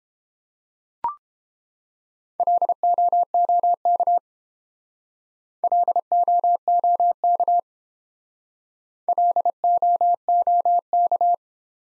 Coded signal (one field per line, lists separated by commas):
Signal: Morse code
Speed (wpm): 29 wpm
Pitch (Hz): 700 Hz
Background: none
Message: LOOK LOOK LOOK